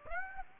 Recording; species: mosquito wingbeat signal from an infrared sensor; Aedes aegypti